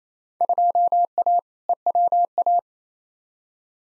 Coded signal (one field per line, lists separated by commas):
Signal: Morse code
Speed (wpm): 28 wpm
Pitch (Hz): 700 Hz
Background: none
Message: 2A EWA